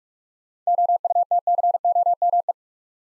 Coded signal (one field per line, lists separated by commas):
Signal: Morse code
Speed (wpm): 42 wpm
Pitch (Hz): 700 Hz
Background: none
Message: OUTCOME